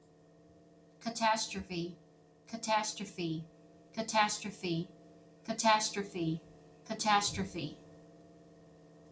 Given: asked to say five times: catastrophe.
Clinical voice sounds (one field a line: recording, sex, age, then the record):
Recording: repeated word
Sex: female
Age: 30 to 39 years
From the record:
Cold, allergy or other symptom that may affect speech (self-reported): no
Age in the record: 33 years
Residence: Florida, United States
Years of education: 12